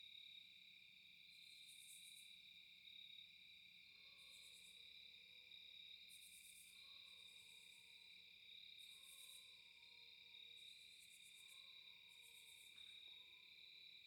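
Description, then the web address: Cricket chorus of constant high shrill tones with pulsing higher bursts, plus several faint, drawn-out lower calls from the fourth second onward. Night ambience at a cabin in a quiet forest, no wind. "Eiravaein Works - Vaeyan IV AMB,cabin,forest,night,crickets,quiet,fox,dogs,wildlife,nowind"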